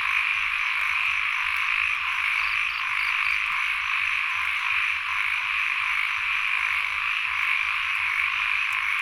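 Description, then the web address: Frogs croaking steadily in a crowded chorus, low pulses running throughout under a strong unbroken insect buzz. Frogs with insects at Sen Monorom, Cambodia. "Ziklibrenbib Les Cartes Postales Sonores NOISE ON EARTH Vol 1 CAMBODIA Les Cartes Postales Sonores - 02-Insects Frogs of Sen Monorom"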